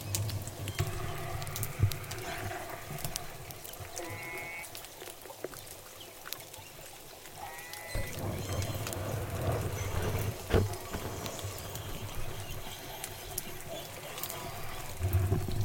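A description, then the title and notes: J pod orcas calling underwater, with short rising whistle-like calls near four and seven seconds and scattered sharp clicks throughout. A steady low engine drone runs underneath, growing louder after eight seconds, with a sudden thump around ten and a half seconds. Acoustic inference as J pod departs Puget Sound & heads to Canada. Southern Resident Killer Whales into Puget Sound this fall.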